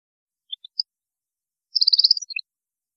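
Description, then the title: European goldfinch twittering: a few soft high chips, then a quick rattling run of bright notes ending in two falling tones. "Chant Chardonneret"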